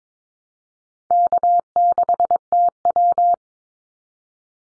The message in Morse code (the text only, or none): K6TW